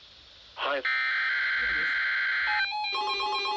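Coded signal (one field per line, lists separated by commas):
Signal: Emergency Alert System (SAME) tones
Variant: header bursts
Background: speech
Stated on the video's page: Required Weekly Test received on NOAA Weather Radio, uncut.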